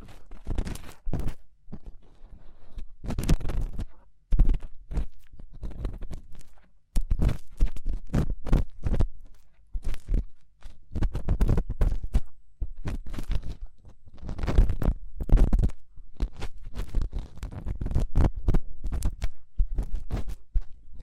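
Fast, intense ear cleaning: a dense run of sharp scratching and rubbing bursts, each striking from deep thumps up to bright crackle. The strokes come rapidly and irregularly throughout, clustering into busy flurries with brief near-silent gaps, around 4.5 and 7 seconds.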